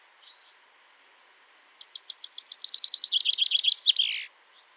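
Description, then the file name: Common chaffinch song: two faint soft notes, then a trill of crisp repeated notes building in strength and ending with a downward flourish. "Fringilla coelebs"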